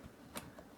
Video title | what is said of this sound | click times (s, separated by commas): Bionic Color Changing RGB Puck Lights Install for Any Occasion | till it snaps in place and there's nothing really to it it's it's just there | 0.4 s